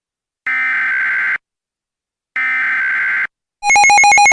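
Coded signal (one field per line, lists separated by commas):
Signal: Emergency Alert System (SAME) tones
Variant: header bursts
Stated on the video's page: Homemade fake tornado emergency alert, not real.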